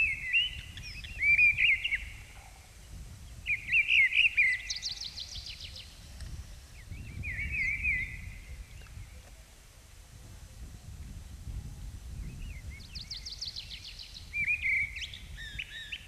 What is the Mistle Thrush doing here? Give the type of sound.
song